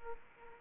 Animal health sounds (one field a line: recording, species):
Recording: mosquito wingbeat signal from an infrared sensor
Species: Aedes aegypti